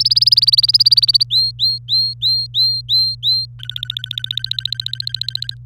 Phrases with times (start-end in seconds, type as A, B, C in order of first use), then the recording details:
0.00-1.23 A, 1.30-3.46 B, 3.59-5.54 C. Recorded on 24 April 2018 at 12:45. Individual llb3